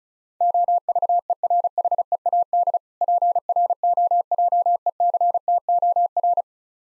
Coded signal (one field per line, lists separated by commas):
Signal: Morse code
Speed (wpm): 35 wpm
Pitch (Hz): 700 Hz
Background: none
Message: OVERHEAD PROJECTOR